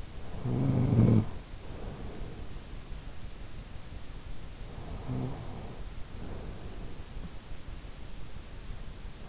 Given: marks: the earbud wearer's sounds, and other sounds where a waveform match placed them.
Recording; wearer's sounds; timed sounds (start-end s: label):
sounds in sleep by an in-ear microphone; snoring breath
0.00-2.62 s: snoring breath
4.65-7.11 s: snoring breath